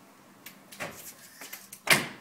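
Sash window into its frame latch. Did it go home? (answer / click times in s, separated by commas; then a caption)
yes / 1.9 s. After the track mechanism is sprayed with lubricant, a sash window is pushed back up in its frame with a few light knocks and scrapes. It clicks into place at 1.9 seconds with a sharp, loud latch.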